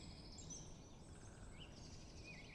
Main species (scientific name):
Dendrocopos major